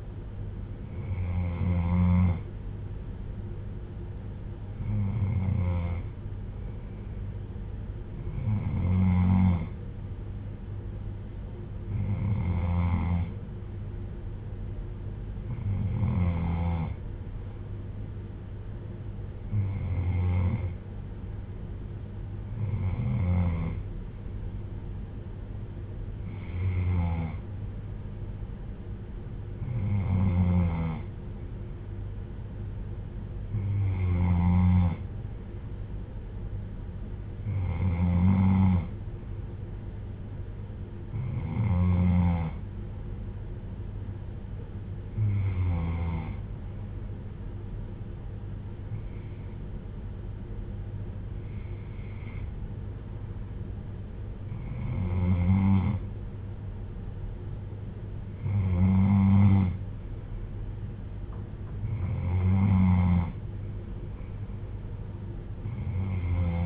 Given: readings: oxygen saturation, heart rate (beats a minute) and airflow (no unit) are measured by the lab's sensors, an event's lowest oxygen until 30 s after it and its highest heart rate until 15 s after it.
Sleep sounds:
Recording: breathing in sleep by a smartphone at the bedside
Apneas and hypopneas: none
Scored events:
none scored
From the record:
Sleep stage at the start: N3 (deep sleep)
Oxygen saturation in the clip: 94 to 95%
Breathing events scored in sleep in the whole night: 310 in 8.1 hours asleep

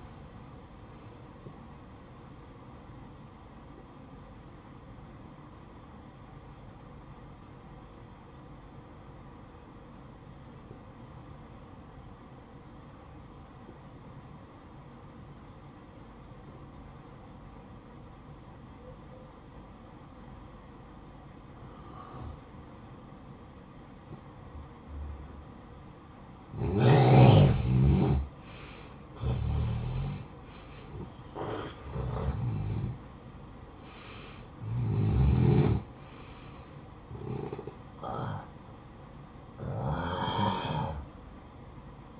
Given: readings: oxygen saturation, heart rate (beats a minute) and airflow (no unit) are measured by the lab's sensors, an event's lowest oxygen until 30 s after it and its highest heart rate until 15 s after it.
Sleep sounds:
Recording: breathing in sleep by a smartphone at the bedside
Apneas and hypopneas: 1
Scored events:
8.00-27.50 s: obstructive apnea (N1, oxygen 92% highest, then 87% lowest, heart rate 57 at the start, 66 highest)
From the record:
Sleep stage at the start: N1 (lightest sleep)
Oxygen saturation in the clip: 85 to 92%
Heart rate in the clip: 54 to 67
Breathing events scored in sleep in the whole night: 573 in 9.8 hours asleep

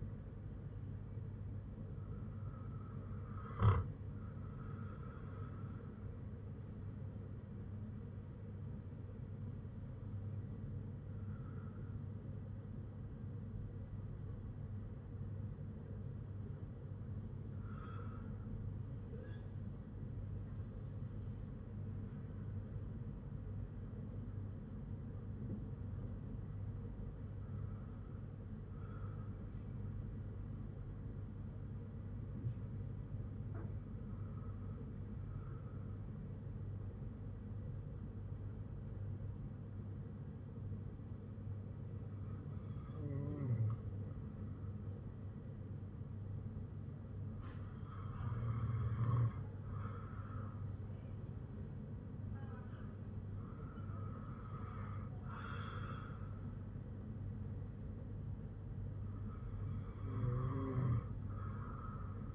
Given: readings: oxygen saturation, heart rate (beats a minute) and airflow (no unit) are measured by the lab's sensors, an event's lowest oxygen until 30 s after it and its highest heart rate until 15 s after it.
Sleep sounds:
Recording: breathing in sleep by a smartphone at the bedside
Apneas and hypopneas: 1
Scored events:
21.00-53.70 s: hypopnea (N1, oxygen 97% highest, then 94% lowest, heart rate 55 at the start, 57 highest)
From the record:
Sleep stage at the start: N1 (lightest sleep)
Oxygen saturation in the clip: 95 to 97%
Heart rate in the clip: 52 to 60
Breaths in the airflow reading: 10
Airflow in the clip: -5.3 to 6.0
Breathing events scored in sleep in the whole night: 182 in 7.4 hours asleep

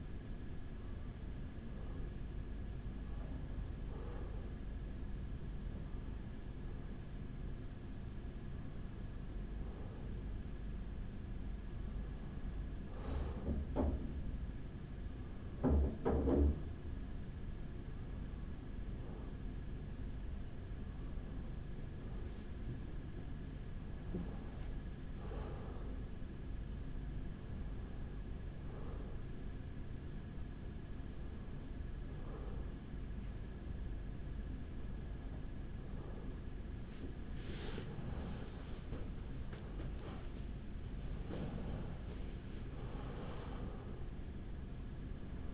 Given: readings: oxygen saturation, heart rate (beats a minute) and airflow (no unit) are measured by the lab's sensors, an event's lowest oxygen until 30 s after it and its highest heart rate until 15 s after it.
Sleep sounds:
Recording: a person awake in a sleep study, by a smartphone at the bedside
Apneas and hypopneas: none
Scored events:
0.00-45.54 s: awake
From the record:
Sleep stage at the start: awake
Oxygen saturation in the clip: 94 to 96%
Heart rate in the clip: 44 to 54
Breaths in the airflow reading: 14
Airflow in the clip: -5.4 to 5.9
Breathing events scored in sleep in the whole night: 207 in 7.6 hours asleep

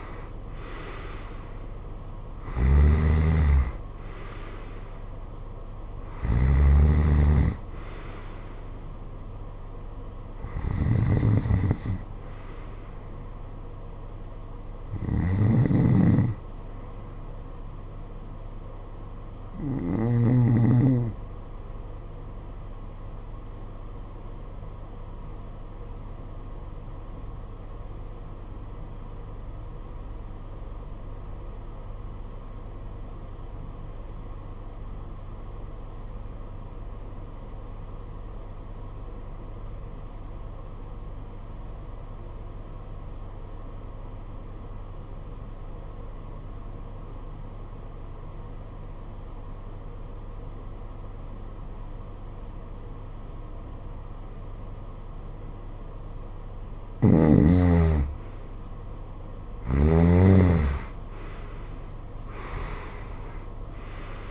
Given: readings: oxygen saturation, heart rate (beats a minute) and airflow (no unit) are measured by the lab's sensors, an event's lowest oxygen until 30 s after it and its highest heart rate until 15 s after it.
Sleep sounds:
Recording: breathing in sleep by a smartphone at the bedside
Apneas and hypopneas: 1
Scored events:
25.00-58.40 s: obstructive apnea (N1, oxygen 95% highest, then 80% lowest, heart rate 49 at the start, 73 highest)
From the record:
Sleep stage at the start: N1 (lightest sleep)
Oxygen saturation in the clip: 83 to 95%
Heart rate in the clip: 48 to 69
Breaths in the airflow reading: 9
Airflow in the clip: -16.8 to 14.8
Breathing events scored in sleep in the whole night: 476 in 9.7 hours asleep

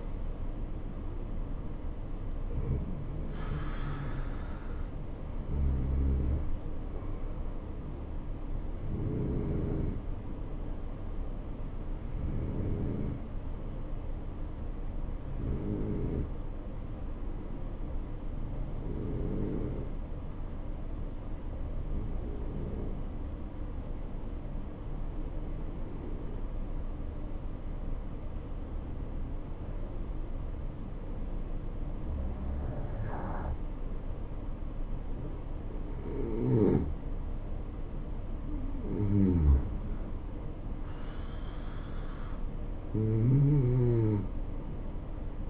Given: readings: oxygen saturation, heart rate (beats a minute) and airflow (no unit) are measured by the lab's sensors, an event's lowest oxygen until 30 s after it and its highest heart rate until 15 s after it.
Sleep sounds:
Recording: breathing in sleep by a smartphone at the bedside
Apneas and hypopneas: 1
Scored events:
8.00-36.50 s: hypopnea (N2, oxygen 95% highest, then 88% lowest, heart rate 65 at the start, 74 highest)
From the record:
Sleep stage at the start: N2 (light sleep)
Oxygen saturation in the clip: 83 to 95%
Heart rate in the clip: 63 to 80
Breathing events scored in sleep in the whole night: 277 in 7.4 hours asleep

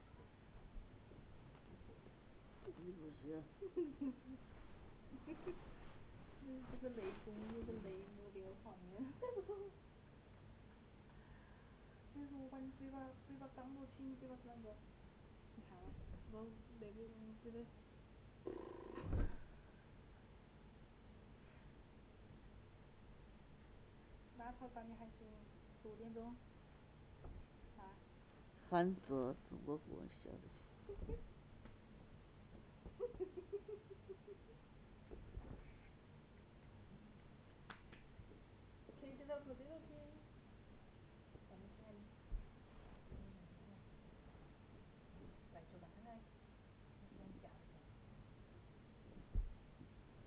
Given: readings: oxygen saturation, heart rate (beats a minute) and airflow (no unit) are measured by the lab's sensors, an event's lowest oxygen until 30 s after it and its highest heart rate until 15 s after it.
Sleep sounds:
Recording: a person awake in a sleep study, by a voice recorder at the bedside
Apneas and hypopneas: none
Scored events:
0.00-50.27 s: awake
0.00-50.27 s: awake
From the record:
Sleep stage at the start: awake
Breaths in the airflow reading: 20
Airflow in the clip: -0.7 to 0.7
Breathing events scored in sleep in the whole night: 496 in 5.4 hours asleep

